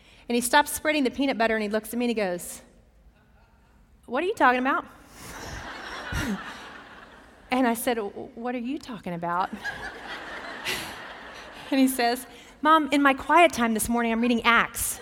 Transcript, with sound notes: And he stopped spreading the peanut butter, and he looked at me and he goes, “What are you talking about?” [laughter] And I said, “What are you talking about?” [laughter] And he said, “Mom, in my quiet time this morning I’m reading Acts.